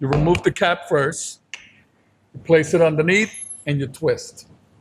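A plastic micron filter cartridge for an ARKA 3800 RO unit has its cap removed and is placed under the unit head's mount to be twisted a quarter turn in. Someone talks throughout, with a brief sharp handling sound at about 1.5 s. The cartridge has not yet snapped into place, and nothing has seated or clicked by the end of the clip.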